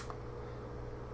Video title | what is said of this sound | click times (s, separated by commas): UTG AR 15 .223 5.56 Magazine Review With Magpul & USGI Comparison : RBT-AM30 | it clicks right in from that angle | 0.1 s